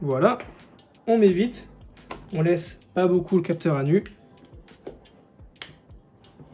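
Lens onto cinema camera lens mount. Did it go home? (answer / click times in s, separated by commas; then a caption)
yes / 5.6 s. Someone talks while a lens is quickly put on and twisted onto the E-mount bayonet of a Sony FX6 cinema camera, so the sensor is not left exposed for long. A few soft handling taps follow, then a sharp little click at 5.6 s as the lens locks into place, fitted and mounted.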